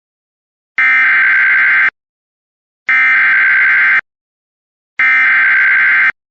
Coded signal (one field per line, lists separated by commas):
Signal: Emergency Alert System (SAME) tones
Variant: header bursts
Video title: EAS Recreation Mock: More SVR's? Yes please!